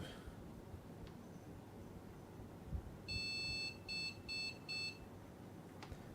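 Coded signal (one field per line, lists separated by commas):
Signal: beep code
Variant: PC POST beep code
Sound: one long electronic beep, then three short beeps in quick succession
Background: quiet room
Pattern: 1 long, 3 short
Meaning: One long and three short beeps signal a faulty graphics card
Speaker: all right so that's the if you heard those beeps we had a long beep and three short beeps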